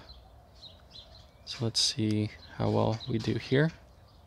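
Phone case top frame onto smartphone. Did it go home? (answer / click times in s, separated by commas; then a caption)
no / none. The top frame of a Spigen Neo Hybrid Satin Silver case for a Galaxy S7 Edge, hard plastic over a TPU layer, is being clipped onto the phone while someone talks over faint high chirps in the background. Nothing has seated or clicked into place yet.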